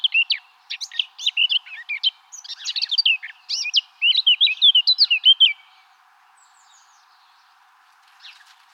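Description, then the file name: Eurasian blackcap song, a hurried jumble of bright twittering and scratchy notes lasting about five seconds before falling quiet, with a faint note near the end. "Sylvia atricapilla"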